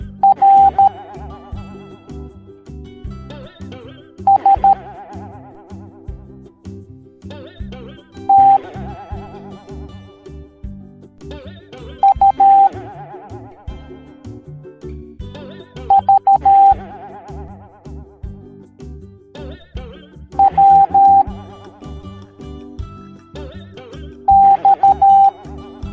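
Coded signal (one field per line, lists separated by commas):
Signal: Morse code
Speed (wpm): 13 wpm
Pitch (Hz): 790 Hz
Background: music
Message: R S T U V W X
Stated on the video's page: Morse code alphabet lesson for kids in an educational cartoon.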